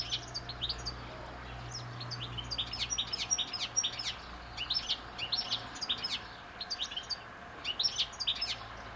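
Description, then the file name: European goldfinch, bursts of bright twittering chirps coming in short clusters throughout, over a steady low hum. "Carduelis carduelis"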